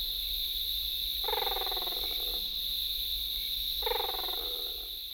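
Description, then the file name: Great blue turaco giving two short, throaty, rapidly pulsed bursts about two and a half seconds apart, over a steady high insect drone. "Great Blue Turaco (Corythaeola cristata)"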